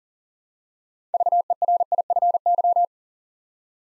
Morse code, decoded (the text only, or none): VERIFY